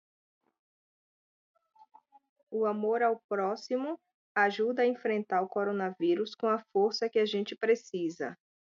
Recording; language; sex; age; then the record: spoken sentence; Brazilian Portuguese; female; 40 to 49 years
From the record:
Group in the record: control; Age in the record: 40 years